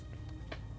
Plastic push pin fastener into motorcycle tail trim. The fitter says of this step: we will insert it and then press down waiting for the click ensuring that it is now locked into place